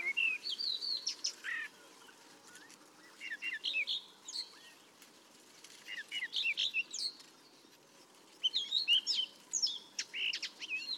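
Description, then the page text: Paddyfield warbler song: hurried, chattering runs of varied squeaky and scratchy notes in bursts separated by short pauses, over a constant background hiss. "Patrick Franke - Индийская камышевка (Acrocephalus agricola)"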